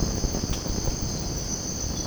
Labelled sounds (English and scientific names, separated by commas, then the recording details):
none
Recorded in secondary vegetation near Puerto Asís, Putumayo, Colombia, on 19 March 2025 at 04:00
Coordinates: 0.481, -76.318
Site G097